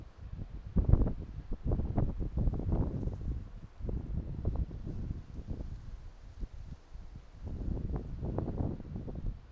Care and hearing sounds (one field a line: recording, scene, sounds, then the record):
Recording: everyday scene through a hearing-aid microphone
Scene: wind on the microphone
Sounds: squally wind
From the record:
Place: parking lot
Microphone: in the ear canal, right